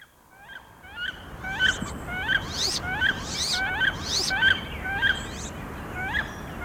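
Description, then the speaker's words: Wood duck calls: a series of thin squealing notes repeated many times against a soft background hiss. "the call of the wood duck, and right now, they're migrating south through Tennessee."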